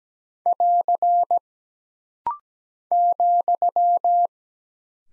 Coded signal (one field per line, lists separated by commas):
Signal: Morse code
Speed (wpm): 17 wpm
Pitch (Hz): 700 Hz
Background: none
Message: <AR> ,